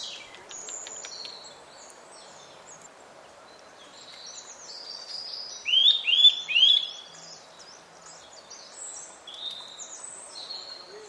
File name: Sitta europaea